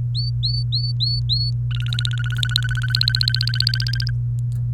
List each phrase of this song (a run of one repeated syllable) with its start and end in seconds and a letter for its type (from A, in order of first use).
0.15-1.51 A, 1.71-4.10 B